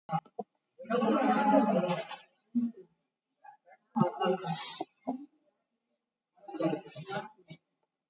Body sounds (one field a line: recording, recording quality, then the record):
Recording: deep breathing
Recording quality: poor, much background noise or distortion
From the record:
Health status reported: COVID-19 positive, moderate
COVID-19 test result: positive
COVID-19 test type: RT-PCR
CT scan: taken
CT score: 6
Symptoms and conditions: cough, cold, fever, fatigue, diarrhoea, diabetes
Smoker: no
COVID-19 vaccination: none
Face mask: worn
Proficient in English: yes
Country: India